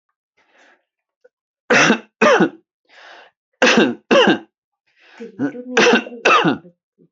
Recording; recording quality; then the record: heavy voluntary cough; excellent, no background noise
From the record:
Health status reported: healthy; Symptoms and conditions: cough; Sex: male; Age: 37 years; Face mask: not worn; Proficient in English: yes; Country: India